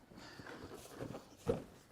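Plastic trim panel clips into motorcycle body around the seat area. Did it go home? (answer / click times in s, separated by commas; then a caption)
no / none. A plastic trim panel is fitted into the body around the seat area of a Can-Am Spyder RT, with two tabs slid into their slots before the panel's clips are pushed toward the body. Soft plastic rubbing and handling noises build, with a louder dull knock near 1.5 s. Nothing has seated or clicked yet.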